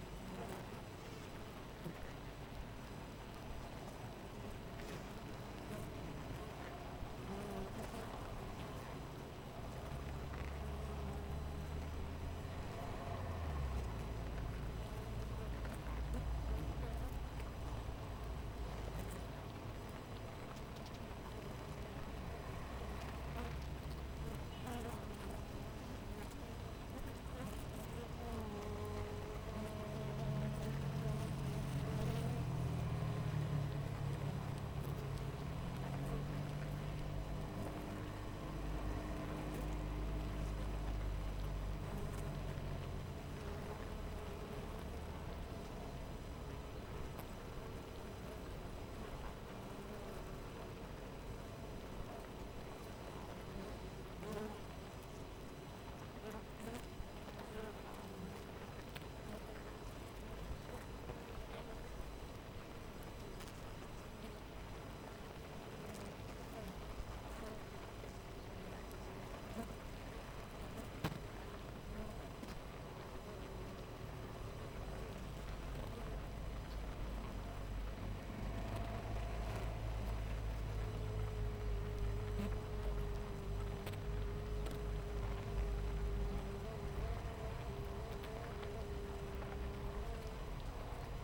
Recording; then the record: honeybee colony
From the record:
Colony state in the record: missing queen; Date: 14 July 2017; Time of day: 6:52